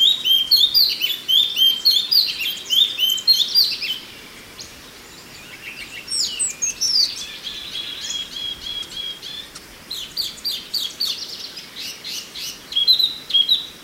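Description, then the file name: Chinese hwamei singing rich, rapid whistled phrases mixed with sharp chattering notes, in bursts separated by short quiet gaps, over steady low hiss. "suara alam hwamei"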